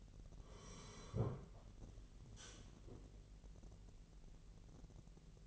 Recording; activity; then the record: daily activity, microphone in the room; sit down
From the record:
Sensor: 4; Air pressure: 1002.4 hPa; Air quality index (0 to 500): 249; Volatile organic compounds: 39 ppm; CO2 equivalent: 3127 ppm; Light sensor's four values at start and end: 10/23/9/9 and 10/23/9/9